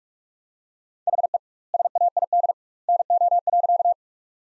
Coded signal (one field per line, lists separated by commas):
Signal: Morse code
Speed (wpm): 46 wpm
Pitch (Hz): 700 Hz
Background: none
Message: HE SAID NO.